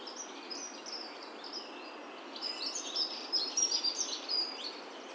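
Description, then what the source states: Birds singing, a chorus of high thin chirps and twittering trills that grow busier and louder in the second half, over a soft steady hiss. Rural setting.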